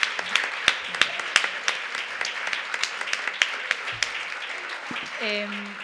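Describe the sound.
An audience at a feminist economics assembly applauds all the women who spoke, with dense, overlapping claps at a steady, fairly loud level for several seconds, sharper individual claps popping out, and a voice briefly rising near the end.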